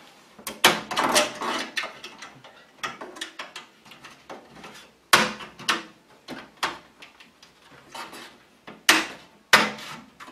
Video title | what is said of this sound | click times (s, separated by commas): Cours informatique - Comment monter son PC - Partie 3 - Installation de la carte mere et du ventirad | Vous le clipsez au quatre coins, il suffit de pousser et ça rentre tout seul. | 0.6 s, 6.6 s, 8.9 s, 9.5 s